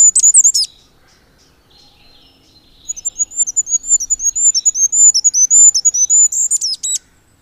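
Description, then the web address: Goldcrest song: one phrase ends at the start, then after a pause another extremely high, tinkling string of rapid notes closes with a sharp flourish. "agykontroll Madardalok Cd 1. Sárgafejű királyka"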